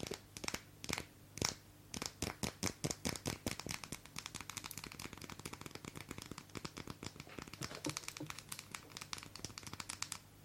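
Long nails tap and scratch on a bar of soap in quick, sharp clicks. The first two seconds bring spaced, separate taps, then the pace picks up into dense, uneven runs of crisp clicking over a faint low hum.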